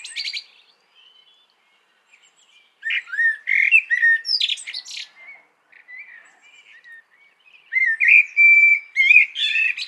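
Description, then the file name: Common blackbird singing rich, fluty warbled phrases broken by thin high squeaks, with a quiet pause in the middle before another full phrase. "Turdus merula"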